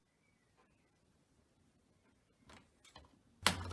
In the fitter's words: mașina, auzi ușa deschisă clic deschis.